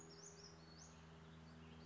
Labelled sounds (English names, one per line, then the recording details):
Western Flycatcher
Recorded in Sonoma County, California